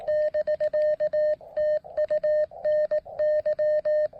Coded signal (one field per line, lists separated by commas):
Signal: Morse code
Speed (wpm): 18 wpm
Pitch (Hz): 610 Hz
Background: none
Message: <BK> TU NY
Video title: POTA RaDAR Run Final Activation: Deploying PackTenna EFHW with throw line and MTR-3B QRP fun!